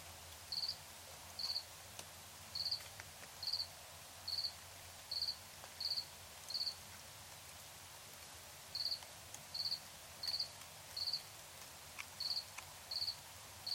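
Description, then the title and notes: Cricket chirps in short trilled bursts, a pause in the middle before the series resumes, over quiet background hiss. Nighttime recording in Tiny, Ontario, by Anton Pickard. "Crickets and coyotes. Tiny, Ontario. Anton Pickard"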